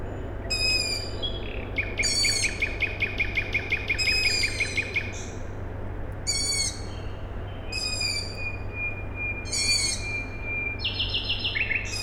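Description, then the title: Raspy owl chick calls recur every couple of seconds while a nightingale sings rapid repeated notes and whistles, all over a steady low mechanical hum. Owl chicks calling at night, Tuesday 21 May 2019, Siemianowice Śląskie, Poland; nightingale also singing; industrial plant in background; recorded with Zoom H5 and Audio-Technica BP4025. "Siemianowice Śląskie, Polska - Owl chicks"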